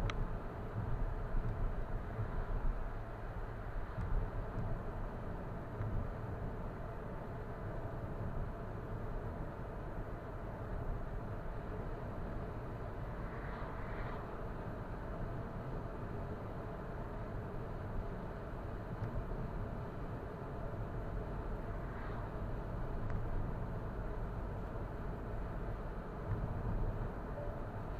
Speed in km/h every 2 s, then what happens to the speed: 70, 68, 67, 66, 66, 66, 66, 66, 66, 65, 66, 67, 67, 68.
0-28 steady at about 66.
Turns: none.